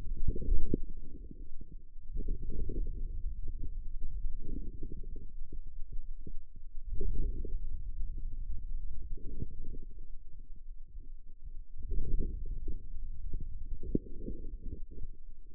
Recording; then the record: forearm muscle sounds (acoustic myography)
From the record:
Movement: outward rotation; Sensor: system 2, bracelet of six BSWA MPA416 microphones around the upper forearm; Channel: 6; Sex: male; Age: 22 years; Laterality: right